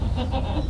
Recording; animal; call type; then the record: contact call of a hoofed animal; goat; low-frequency (closed-mouth) or high-frequency (open-mouth) call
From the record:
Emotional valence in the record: negative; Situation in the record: food frustration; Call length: 0.70 s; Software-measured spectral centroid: 2410 Hz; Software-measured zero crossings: 940 a second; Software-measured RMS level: -24 dBFS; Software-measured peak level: -14 dBFS